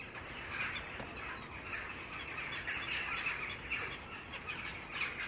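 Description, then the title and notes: Jackdaws giving short, sharp squawking calls in quick, irregular bursts throughout, over a steady background hiss. Several jackdaws. "untitled [jackdaws] by Jimmy Kipple Sound"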